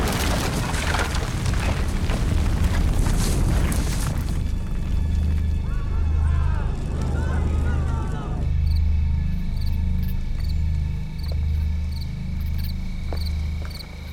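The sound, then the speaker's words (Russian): A thrown box of dynamite explodes in a loud, crackling blast that fills the first few seconds, then fades into a steady deep rumble with faint voice-like sounds partway through. “Бросает ящик с динамитом. Взрыв.”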